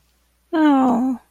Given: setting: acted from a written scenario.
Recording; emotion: vocal sound without words; disappointment